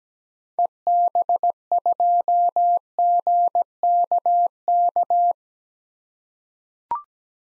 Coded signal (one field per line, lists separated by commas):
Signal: Morse code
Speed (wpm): 17 wpm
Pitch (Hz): 700 Hz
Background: none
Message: EB2GKK